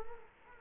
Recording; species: mosquito wingbeat signal from an infrared sensor; Culex quinquefasciatus